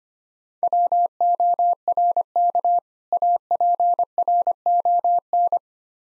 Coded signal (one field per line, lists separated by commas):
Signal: Morse code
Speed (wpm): 28 wpm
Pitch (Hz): 700 Hz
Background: none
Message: WORK APRON